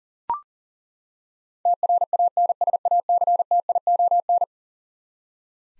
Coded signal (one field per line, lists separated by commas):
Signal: Morse code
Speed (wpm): 40 wpm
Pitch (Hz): 700 Hz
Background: none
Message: TRANSACTION